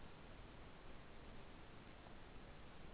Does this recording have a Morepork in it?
no